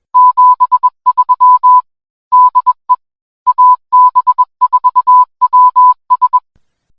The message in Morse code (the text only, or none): 73 DE AB4WS